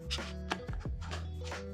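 A Freewell 2-5 stop magnetic variable ND filter is lined up by its marks and pushed onto the magnetic base glass mounted on a camera lens, with music playing underneath. It snaps into place with a sharp click at 0.5 s, followed by a fainter tick at 0.7 s. The filter is seated.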